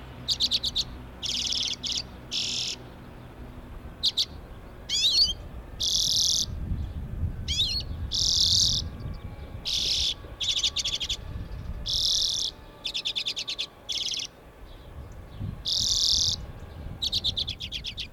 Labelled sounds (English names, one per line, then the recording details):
Common Redpoll call
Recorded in the wild
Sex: male
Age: adult
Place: Binz, Insel Rügen, Mecklenburg-Vorpommern, DE
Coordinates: 54.402, 13.606
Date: 1978-05-11 08:20
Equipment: Nagra III BH, Sennheiser MD 21
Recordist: Schubert, Michael